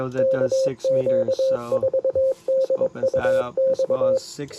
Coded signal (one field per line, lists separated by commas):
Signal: Morse code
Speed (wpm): 23 wpm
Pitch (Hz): 530 Hz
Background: speech, radio noise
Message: KQ4DUX